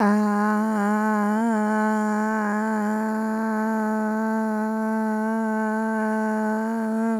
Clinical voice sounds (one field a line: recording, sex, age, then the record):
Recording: sustained vowel /a/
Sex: female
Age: 20 to 29 years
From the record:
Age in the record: 26 years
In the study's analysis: excluded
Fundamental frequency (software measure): 213 Hz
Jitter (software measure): 0.47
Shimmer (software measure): 0.97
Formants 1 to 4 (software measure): 882 Hz, 1517 Hz, 3148 Hz, 3879 Hz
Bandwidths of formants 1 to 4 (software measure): 113 Hz, 223 Hz, 412 Hz, 380 Hz